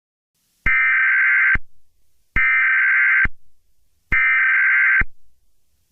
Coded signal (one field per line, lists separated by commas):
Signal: Emergency Alert System (SAME) tones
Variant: header bursts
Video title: EAS Scenario: East Coast Hurricane